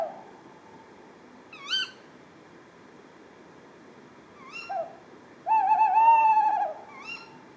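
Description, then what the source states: Pair of tawny owls calling: sharp rising ke-wick calls at intervals answered by a short note and a long tremulous hoot lasting over a second, then another ke-wick. A pair calling at 4:30 am on 20 February 2020 at Etang de Beaumont pond, Drôme; recorded in stereo with Nagra Seven and Telinga Pro7 parabola, with live commentary.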